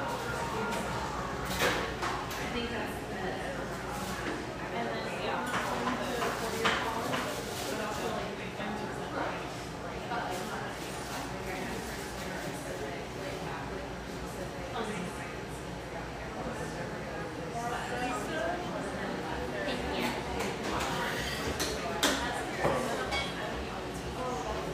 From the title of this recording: Pearl District, Portland, Oregon